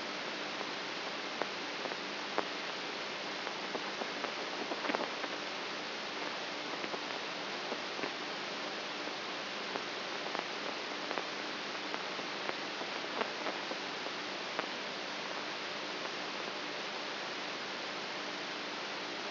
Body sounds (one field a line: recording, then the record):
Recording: brain microelectrode recording played as sound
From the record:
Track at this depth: outside the subthalamic nucleus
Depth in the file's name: 7.44 mm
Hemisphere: right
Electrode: 3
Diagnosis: Parkinson's disease